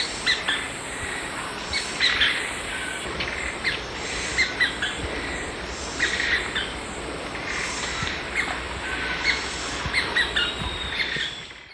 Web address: ENTER Music and Audio. Nature Songs S America Eastern Lowlands. Veniliornis affinis, group calls